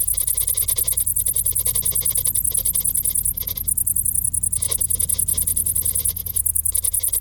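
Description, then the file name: Cricket chirping, a high pulsing song over a prominent low rumbling background noise, with brief gaps in the calling. "Grillen"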